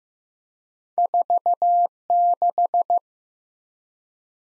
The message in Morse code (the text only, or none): 46